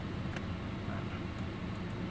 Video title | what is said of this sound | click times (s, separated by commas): Видеорегистратор D35 с двумя раздельными камерами, 140 и 178 градусов съёмка, 2.4' экран | just clicks in place | 0.4 s